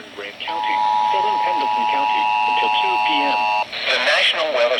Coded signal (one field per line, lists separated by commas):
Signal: Emergency Alert System (SAME) tones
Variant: 853 and 960 Hz attention tone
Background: speech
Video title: EAS/NWR Alert or message #159-161: Double header SVR and SVA